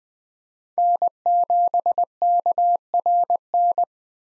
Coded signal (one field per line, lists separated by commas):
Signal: Morse code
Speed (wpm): 20 wpm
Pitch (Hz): 700 Hz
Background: none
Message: N7KRN